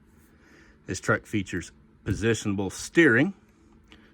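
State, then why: Seated. A man talks about a 1:64-scale die-cast metal First Gear Freightliner Cascadia truck model with a GP Transco 53' Utility dry van. Its front steering wheels are turned by hand and give a faint click at 3.9 s, seating into a steering detent position where they stay.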